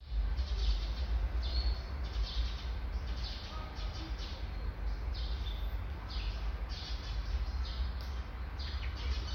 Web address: garrulus glandarius la pie imite des sons etrangers